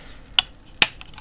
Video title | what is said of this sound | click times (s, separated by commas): Eddie Stobart Moving The Nation Issue 6 and 7 Door Panel And Drivers Seat Support | There we go, that just clicks into place like so. | 0.4 s, 0.8 s